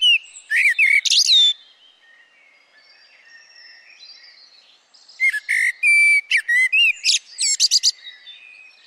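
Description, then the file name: Eurasian blackbird giving a brief burst of whistled notes and high squeaks, a pause of about three seconds, then a longer phrase of rapid fluty and shrill notes. "Turdus merula"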